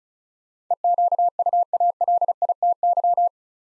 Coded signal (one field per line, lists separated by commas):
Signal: Morse code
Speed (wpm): 36 wpm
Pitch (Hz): 700 Hz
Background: none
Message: EQUALITY